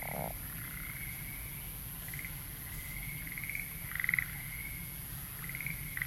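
Frog calls: sustained high tones at about the same pitch, broken by several short pulsed bursts, over a steady low rumble and a constant high hiss.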